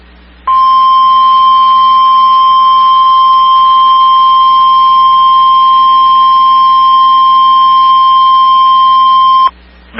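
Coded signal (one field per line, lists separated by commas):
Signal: Emergency Alert System (SAME) tones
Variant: 1050 Hz attention tone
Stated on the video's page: Compilation of EAS alert and test captures.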